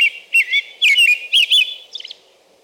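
American robin song, a quick series of bright whistled phrases, fading to softer notes at the end.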